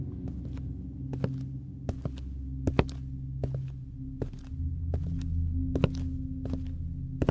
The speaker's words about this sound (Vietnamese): Sau đó tôi nghe như có tiếng bước chân người đi đi lại lại.